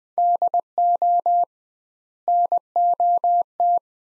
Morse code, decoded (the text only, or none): DO NOT